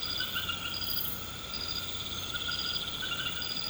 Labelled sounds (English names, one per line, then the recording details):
none
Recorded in pastures near Puerto Asís, Putumayo, Colombia, on 19 March 2025 at 00:00
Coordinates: 0.472, -76.329
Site G074